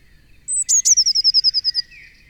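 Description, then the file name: Eurasian blue tit giving one phrase: a thin high note, two sharp accents, then a long even trill of several notes slowly falling in pitch. "Cyanistes caeruleus"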